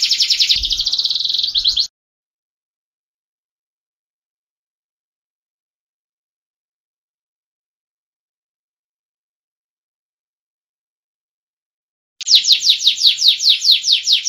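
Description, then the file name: Canary song: a short burst of fast, high rolled trills, then about ten seconds of silence before another rapid trill run resumes near the end. Standard-type canary song. "suara-kicauan-kenari-standar 2-omkicau"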